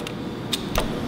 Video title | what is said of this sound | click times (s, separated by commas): M 100 Mobile Water System - Connecting the System | pull them back and lock that in place | 0.5 s